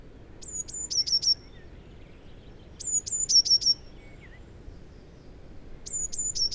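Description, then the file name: Eurasian blue tit repeating a high phrase three times, each two thin whistled notes then a quick jangling trill, the last phrase cut off at the end, with steady low background noise. "Cyanistes caeruleus"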